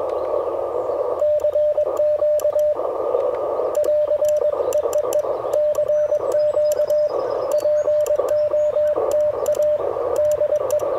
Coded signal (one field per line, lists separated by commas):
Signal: Morse code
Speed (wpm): 21 wpm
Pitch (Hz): 600 Hz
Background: radio noise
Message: CQ <AR> EEE CQ POTA DE